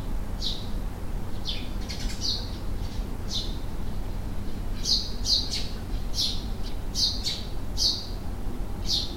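Bird calls: short, sharp, high chirps and squeaks, about a dozen, coming in irregular bursts over a steady low rumble.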